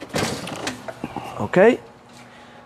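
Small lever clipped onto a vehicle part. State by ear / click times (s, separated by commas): seated / 0.7 s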